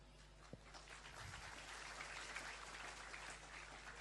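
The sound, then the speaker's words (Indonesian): An audience applauding, a dense wash of many hands clapping at once that holds steady for the full few seconds, fairly soft overall, over a low steady hum. “Woi, jangan tepuk tangan, men.”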